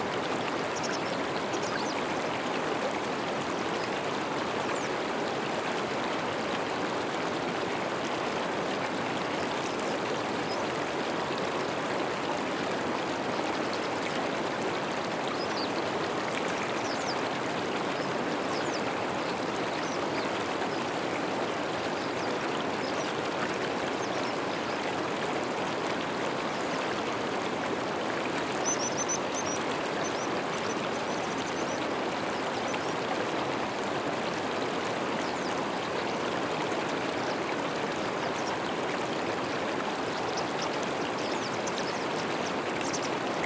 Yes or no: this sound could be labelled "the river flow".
yes